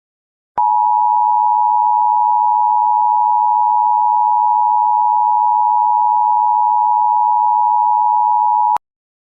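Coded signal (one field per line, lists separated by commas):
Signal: Emergency Alert System (SAME) tones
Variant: 853 and 960 Hz attention tone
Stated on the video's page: Fictional scenario of made-up emergency alert styles across eras.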